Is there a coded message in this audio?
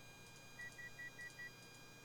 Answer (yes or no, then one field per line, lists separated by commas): no